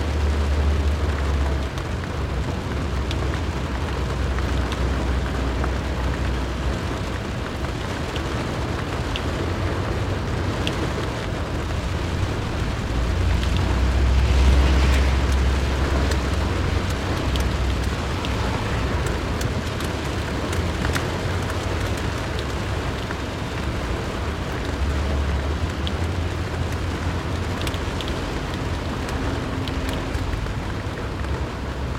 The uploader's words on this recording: Sleep Rain On Car Window Ambient Noise.